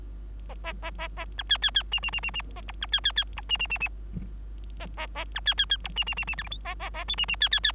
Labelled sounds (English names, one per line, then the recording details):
Bengalese Finch song
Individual Bird3